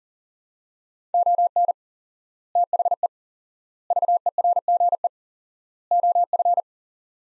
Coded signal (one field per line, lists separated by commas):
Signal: Morse code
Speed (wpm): 37 wpm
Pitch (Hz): 700 Hz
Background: none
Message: ON THE VERGE OF